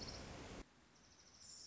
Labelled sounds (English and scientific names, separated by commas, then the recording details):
Orange-crowned Warbler (Leiothlypis celata)
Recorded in Sonoma County, California